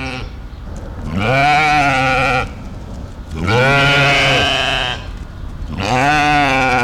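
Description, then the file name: Mouflon uttering three long, harmonic bleats separated by short quiet gaps. "Mufflon"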